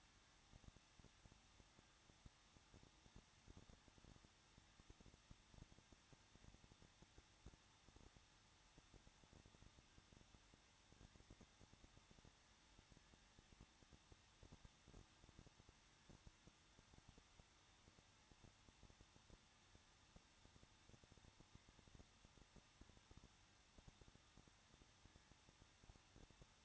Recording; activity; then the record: daily activity, microphone in the room; no activity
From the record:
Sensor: 3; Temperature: 21.2 degrees Celsius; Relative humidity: 36.3%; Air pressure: 1006.3 hPa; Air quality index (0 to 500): 222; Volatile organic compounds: 41 ppm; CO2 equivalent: 3166 ppm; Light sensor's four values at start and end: 2/3/2/2 and 2/3/2/2